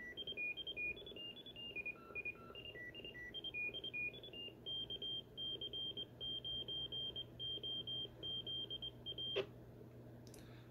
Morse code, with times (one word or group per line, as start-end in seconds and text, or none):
0.2-0.7 II
3.3-3.9 II
4.7-9.4 KC9OZA